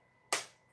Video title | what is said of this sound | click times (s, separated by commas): Legos instead of Suicidal Ideation #WaltonBigfootJames #autism #cptsd #short #shorts | another satisfying snap | 0.3 s